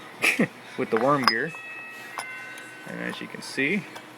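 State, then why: Not seated. Someone talks while handling the clutch drum of a Stihl MS441 Magnum chainsaw, lining it up with the oil pump worm gear drive on the greased needle bearing and pushing it onto the crankshaft. A brief, moderate tap sounds at about 2.2 seconds, followed by faint ringing tones. The drum has not seated or clicked into place yet.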